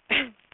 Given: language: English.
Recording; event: throat vibration sensor signal played as sound; cough